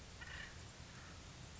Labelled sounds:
Acorn Woodpecker (Melanerpes formicivorus)
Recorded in Sonoma County, California

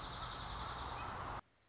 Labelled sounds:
Dark-eyed Junco (Junco hyemalis)
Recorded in Sonoma County, California

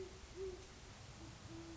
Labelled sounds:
Great Horned Owl (Bubo virginianus)
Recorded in Sonoma County, California

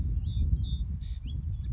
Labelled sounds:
Song Sparrow (Melospiza melodia)
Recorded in Sonoma County, California

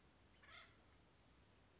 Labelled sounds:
Acorn Woodpecker (Melanerpes formicivorus)
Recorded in Sonoma County, California

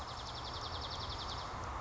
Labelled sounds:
Dark-eyed Junco (Junco hyemalis)
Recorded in Sonoma County, California

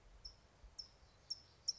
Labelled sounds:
California Towhee (Melozone crissalis)
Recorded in Sonoma County, California

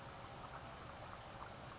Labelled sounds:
California Towhee (Melozone crissalis)
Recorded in Sonoma County, California

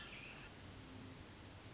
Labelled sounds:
Pacific Wren (Troglodytes pacificus)
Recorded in Sonoma County, California

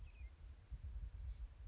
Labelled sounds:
Oak Titmouse (Baeolophus inornatus)
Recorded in Sonoma County, California

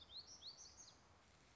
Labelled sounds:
Black-throated Gray Warbler (Setophaga nigrescens)
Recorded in Sonoma County, California

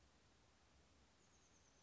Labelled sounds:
Oak Titmouse (Baeolophus inornatus)
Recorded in Sonoma County, California

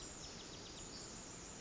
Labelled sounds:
Pacific Wren (Troglodytes pacificus)
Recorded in Sonoma County, California

